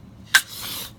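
While a rifle is reassembled, the bolt carrier and charging handle are pushed forward into the upper receiver, and the charging handle clicks home with a sharp, bright click at 0.4 s. A softer, breathy hiss follows from about 0.5 to 0.9 s, and the charging handle is seated and latched in the upper receiver.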